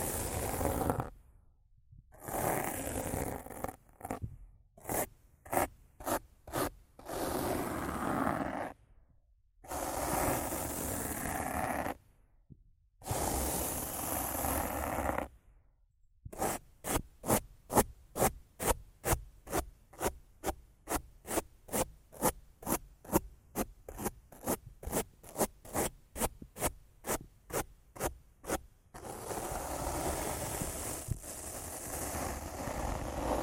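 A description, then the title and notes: Rough scratching and brushing on a mic, alternating between long continuous rasping passes and bursts of short, rapid strokes. From about 16 to 29 seconds the strokes come fast and regular, like a zipper being pulled, before a steady scraping returns at the end. ASMR Rough Mic Scratching & Brushing (No Talking).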